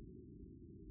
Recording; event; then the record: neck accelerometer signal played as sound; no cough (speech, laughter, throat clearing or background)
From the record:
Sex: female